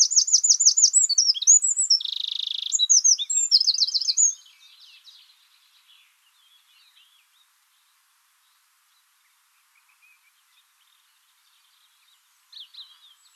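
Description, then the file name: Eurasian wren song: a loud, rapid outpouring of high trills and buzzy notes lasting about four seconds, then near silence with a brief faint phrase near the end. "Troglodytes troglodytes"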